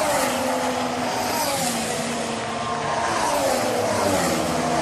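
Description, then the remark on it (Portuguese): This season's new, quieter-engined Formula 1 cars race past with a steady, buzzy, relatively muted engine whine, layered harmonics holding a constant rumbling drone throughout without any big revving spikes. “E parece uma... Um monte de lambreta. Cortador de grama.”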